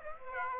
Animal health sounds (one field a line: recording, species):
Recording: mosquito wingbeat signal from an infrared sensor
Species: Aedes aegypti